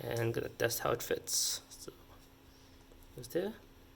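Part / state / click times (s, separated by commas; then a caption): plastic injection-molded housing onto a scintillator panel module / not seated / none. Someone talks while an empty injection-molded plastic housing is handled and brought up to a wrapped scintillator panel module to test how it fits, with a few faint handling noises. Nothing has seated or clicked yet; the housing is not yet snapped onto the panel.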